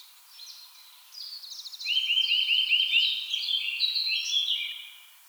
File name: Sitta europaea